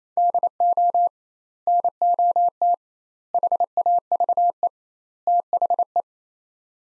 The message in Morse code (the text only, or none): DO NOT HAVE THE